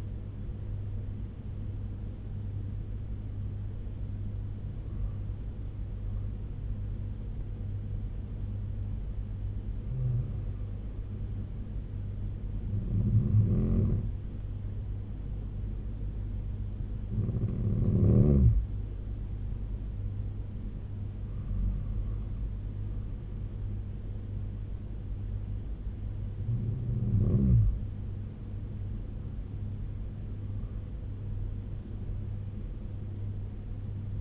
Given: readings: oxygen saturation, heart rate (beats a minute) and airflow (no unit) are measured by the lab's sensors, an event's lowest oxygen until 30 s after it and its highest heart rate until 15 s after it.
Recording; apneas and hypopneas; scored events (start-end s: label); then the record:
breathing in sleep by a smartphone at the bedside; none
none scored
From the record:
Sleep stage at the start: N2 (light sleep); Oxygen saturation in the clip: 93 to 96%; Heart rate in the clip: 69 to 84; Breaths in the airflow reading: 8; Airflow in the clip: -7.5 to 10.3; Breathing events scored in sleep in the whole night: 201 in 6.5 hours asleep